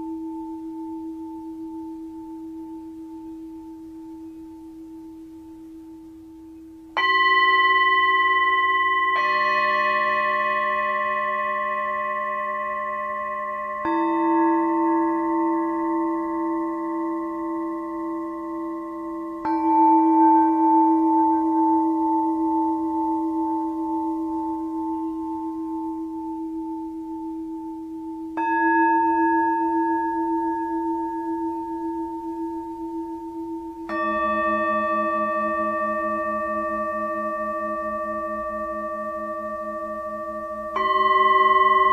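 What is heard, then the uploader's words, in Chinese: A singing bowl is struck about every seven seconds, each clear, bright ring layering over long sustained tones that slowly fade. 胃及DNA频率110-528Hz丨颂钵。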